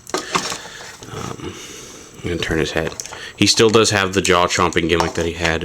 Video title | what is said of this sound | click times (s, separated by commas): Animated Voyager Grimlock - Takara-Tomy Version | and just snap that into place. It locks this head into place. | 0.1 s